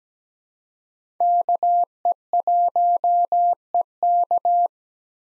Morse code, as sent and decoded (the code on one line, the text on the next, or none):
-.- . .---- . -.-
KE1EK